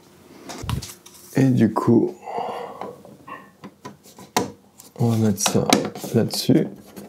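A plastic clip-on piece is handled and placed onto a paint storage holder while someone talks, with sharp handling knocks and taps, the loudest near 4.4 seconds. Nothing has seated or clicked yet; the piece is not yet home when the clip ends.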